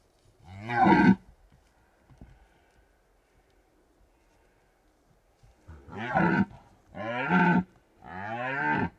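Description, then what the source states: Red deer stag roaring: one deep, harmonic bellow, then a quiet gap, then three strong roars in quick succession near the end. Stags rutting in the Carpathian Mountains, Bucovina, Romania.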